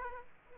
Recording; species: mosquito wingbeat signal from an infrared sensor; Aedes aegypti